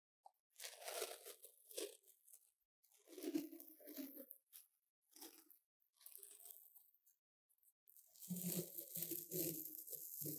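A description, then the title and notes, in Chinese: Paper tape crinkles and tears against the mic in irregular crunchy bursts separated by short silences, with a fuller, louder stretch near the end. 用紙膠帶裝飾雪怪MIC| Paper tape decorating the sound of the MIC | NoTalking。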